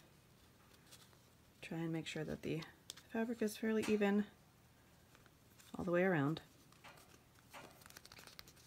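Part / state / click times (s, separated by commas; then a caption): plastic yo-yo template disc into its base plate, with fabric between / seated / 8.4 s. Someone talks while fabric is laid over a plastic Clover yo-yo template and the plastic inner disc is pressed into its outer base plate with the fabric between. Soft crinkling and small ticks of handling follow. The disc snaps into place with a sharp click at 8.4 s, seated.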